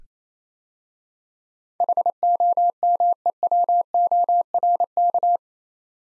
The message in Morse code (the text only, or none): HOMEWORK